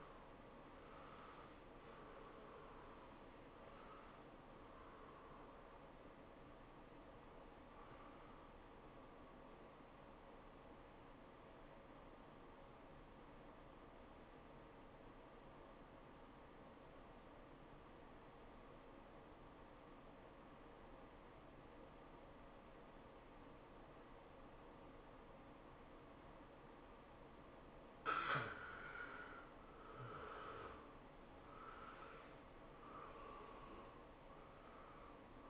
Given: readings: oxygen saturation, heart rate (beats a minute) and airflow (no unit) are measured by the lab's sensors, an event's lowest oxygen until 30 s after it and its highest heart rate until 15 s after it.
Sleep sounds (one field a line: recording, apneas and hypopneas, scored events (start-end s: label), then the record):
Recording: breathing in sleep by a voice recorder at the bedside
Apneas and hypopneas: 1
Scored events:
12.00-28.90 s: obstructive apnea (N1, oxygen 96% highest, then 78% lowest, heart rate 97 at the start, 103 highest)
From the record:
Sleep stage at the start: N1 (lightest sleep)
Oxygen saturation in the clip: 78 to 96%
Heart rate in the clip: 82 to 104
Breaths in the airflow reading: 6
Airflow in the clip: -13.5 to 12.4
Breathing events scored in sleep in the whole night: 403 in 5.5 hours asleep